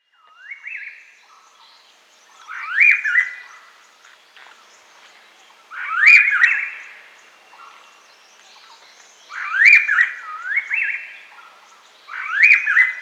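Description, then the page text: Silver-eared laughingthrush giving clear rising whistles and slurred phrases, repeated in loud bursts roughly every three seconds. "Silver-Eared Laughingthrush Call Sound Effect. Quick Sounds"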